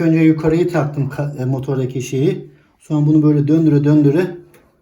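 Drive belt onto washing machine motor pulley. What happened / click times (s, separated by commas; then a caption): The drive belt is being worked onto the pulley but has not seated yet / none. A technician hooks the drive belt over the upper pulley of a Bosch washing machine and works it onto the motor pulley by turning it round, while someone talks almost throughout with a brief pause near 2.7 s. Nothing has seated or clicked on the motor pulley yet when the clip ends.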